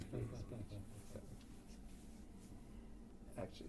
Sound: laughter